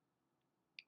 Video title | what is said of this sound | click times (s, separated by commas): How to Use the HandyStep Repeating Pipette from BrandTech | you should hear a click | 0.8 s